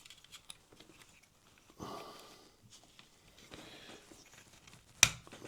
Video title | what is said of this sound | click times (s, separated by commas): Hornby Class 66 "Chinook" : Repair Request | that bogie clicked in place. | 5.0 s